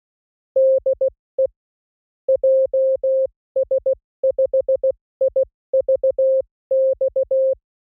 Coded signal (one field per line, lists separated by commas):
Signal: Morse code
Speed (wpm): 16 wpm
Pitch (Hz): 530 Hz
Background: none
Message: DE JS5IVX